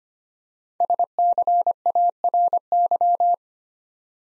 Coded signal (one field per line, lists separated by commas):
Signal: Morse code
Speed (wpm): 25 wpm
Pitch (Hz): 700 Hz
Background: none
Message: SCARY